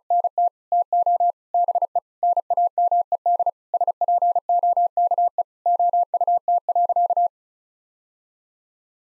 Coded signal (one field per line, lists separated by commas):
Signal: Morse code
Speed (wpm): 36 wpm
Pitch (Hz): 700 Hz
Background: none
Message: NT TO BE NAMED SPOKE OUT.